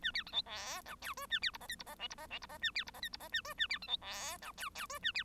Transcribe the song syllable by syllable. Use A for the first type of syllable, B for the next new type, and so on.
A B C D E F G H A B I J K I J L I J L I J A B I J K I J A H A B C D E F G G H A B